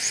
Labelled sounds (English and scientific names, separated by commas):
Kentucky Warbler (Geothlypis formosa) flight call